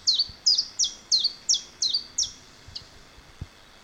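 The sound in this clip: Common chiffchaff song: a run of seven high, evenly spaced, slightly falling notes at about three per second, then one faint note.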